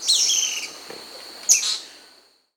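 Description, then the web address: Round-tailed manakin giving two quick, high, down-slurred buzzy notes about one and a half seconds apart, the second fading out into quiet. South America. "Natures Songs S America Round-tailed Manakin"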